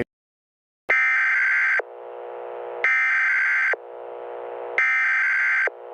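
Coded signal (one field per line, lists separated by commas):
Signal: Emergency Alert System (SAME) tones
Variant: header bursts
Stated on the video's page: Fictional EAS scenario.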